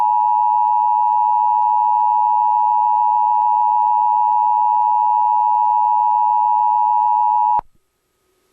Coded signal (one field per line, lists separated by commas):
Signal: Emergency Alert System (SAME) tones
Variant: 853 and 960 Hz attention tone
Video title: EAS #30 (National Periodic Test)